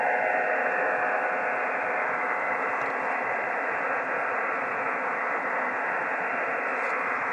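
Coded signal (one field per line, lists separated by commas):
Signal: digital SSTV (DRM)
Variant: EasyPal (DRM)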